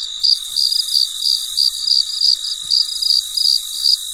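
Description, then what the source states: Cricket chirping in short high pulses, about three per second, over a constant background hiss. Recorded late at night; very quiet surroundings.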